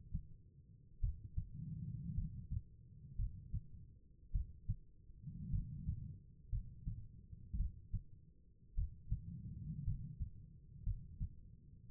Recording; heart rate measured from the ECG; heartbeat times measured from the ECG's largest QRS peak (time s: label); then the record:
heart sounds by stethoscope; 55 bpm
1.00 s: heartbeat
2.15 s: heartbeat
3.16 s: heartbeat
4.32 s: heartbeat
5.51 s: heartbeat
6.50 s: heartbeat
7.57 s: heartbeat
8.75 s: heartbeat
9.84 s: heartbeat
10.84 s: heartbeat
11.88 s: heartbeat
From the record:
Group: healthy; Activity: rest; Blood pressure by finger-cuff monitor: 93/58 mmHg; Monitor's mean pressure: 68 mmHg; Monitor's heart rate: 53 bpm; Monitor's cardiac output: 4.5 L/min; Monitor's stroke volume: 81 mL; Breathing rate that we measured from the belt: 16 breaths a minute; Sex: female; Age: 36 years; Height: 163 cm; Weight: 88 kg